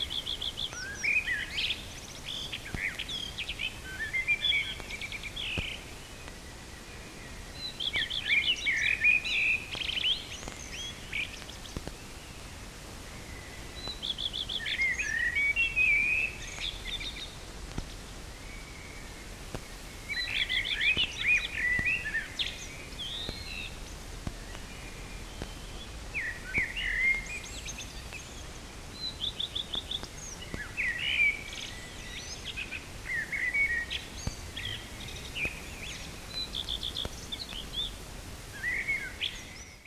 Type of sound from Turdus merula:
song